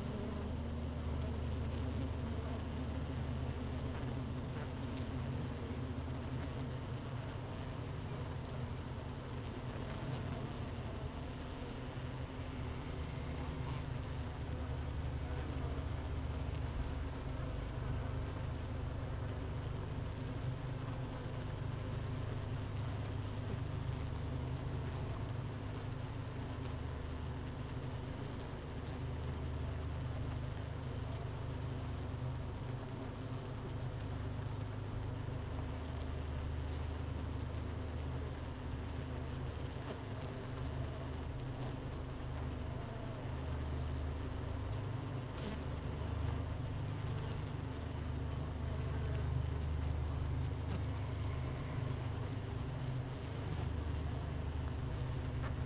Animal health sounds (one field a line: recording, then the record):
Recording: honeybee colony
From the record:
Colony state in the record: missing queen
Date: 31 May 2018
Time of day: 10:01